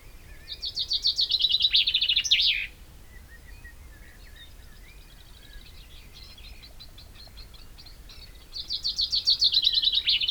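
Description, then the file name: Common chaffinch singing a rapid, rattling trill that drops into an emphatic final flourish, then a pause with soft chirps before the next phrase starts. "Fringilla coelebs"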